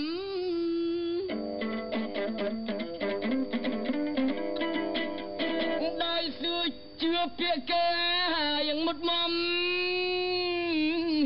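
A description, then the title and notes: A man sings over a plucked chapei dong veng, heard through shortwave radio with a narrow, muffled tone cut off above the mid range. The voice holds long, wavering notes while the strings pick quick, busy runs, thickest between two and six seconds. Music (male singing and playing the chapei dong veng) heard on shortwave radio in Siem Reap, Cambodia. Music on shortwave radio.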